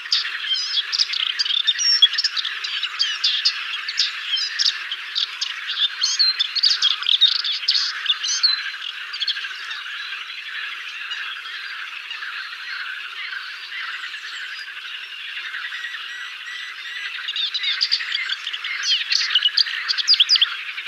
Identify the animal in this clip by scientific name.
Acrocephalus melanopogon